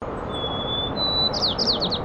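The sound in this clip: Song sparrow song opening with two long, thin, steady whistles, then a quick run of short descending notes, over a low rumbling background.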